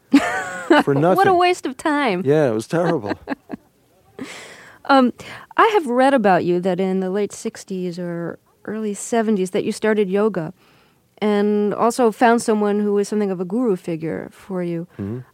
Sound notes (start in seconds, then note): 0.1 laughter; 2.7 laughter